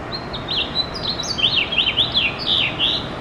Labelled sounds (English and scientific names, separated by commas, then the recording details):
House Finch (Haemorhous mexicanus) song
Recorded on Long Island, New York, on 21 June 2011
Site IT
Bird C